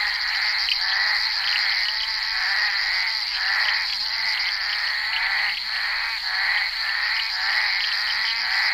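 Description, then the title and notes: Bullfrogs calling together, rough croaks repeating throughout, set against a constant high-pitched hum. Recorded during the filming of Henri Duparc's film Bal poussière, February 1988. "crapaux buffle. enregistré sur le tournage Bal poussière dhenri duparc en février 1988"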